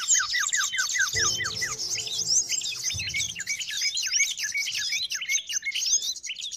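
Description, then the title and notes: Birds chirping: a run of clear downslurred whistles at the start, then a thick chorus of fast overlapping high twitters, with a brief low rumble underneath early on. Long-duration sound of noisy, chattering birds, used for bird training and as a lure for trapping. "Master Burung Ribut Durasi Panjang. Burung Ribut Pikat"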